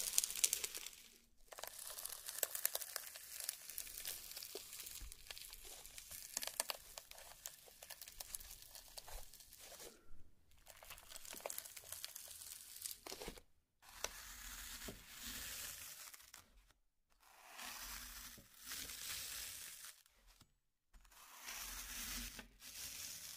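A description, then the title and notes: Slime sounds: bursts of wet, crackly squishing and crinkling, bright and dense, running in stretches of a few seconds. Short silences break them up, near 1, 10, 13.5, 16.5, 20 and 23 seconds. Small pops and clicks scatter through each stretch. Some various mixed sounds.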